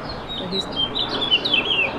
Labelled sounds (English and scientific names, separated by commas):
House Finch (Haemorhous mexicanus) song